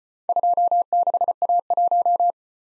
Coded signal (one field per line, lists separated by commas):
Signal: Morse code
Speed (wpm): 34 wpm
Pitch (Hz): 700 Hz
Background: none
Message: 26A1